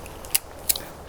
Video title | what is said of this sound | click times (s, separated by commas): Darche Twin Cube Shower Tent - How to setup & pack away | Locked in, and then our last pole. | 0.4 s